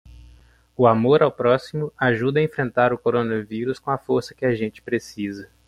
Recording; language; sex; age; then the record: spoken sentence; Brazilian Portuguese; male; 20 to 29 years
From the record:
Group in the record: control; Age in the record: 29 years